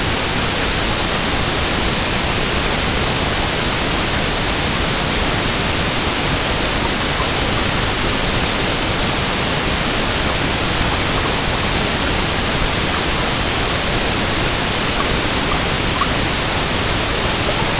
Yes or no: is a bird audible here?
no